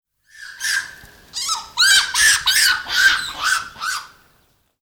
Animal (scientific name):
Macaca fuscata